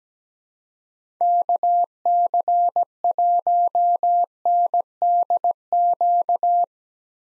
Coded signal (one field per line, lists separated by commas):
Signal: Morse code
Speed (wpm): 17 wpm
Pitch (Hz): 700 Hz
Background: none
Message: KC1NDQ